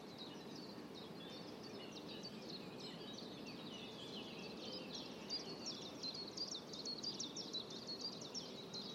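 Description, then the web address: Bird calls, soft repeated high chirps and twitters scattered throughout, set against constant low environmental noise. "Bird Only"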